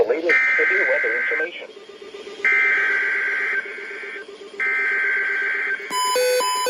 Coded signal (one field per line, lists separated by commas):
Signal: Emergency Alert System (SAME) tones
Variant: header bursts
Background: speech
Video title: EAS #1550-1554 Severe Thunderstorm Warning 3-5-22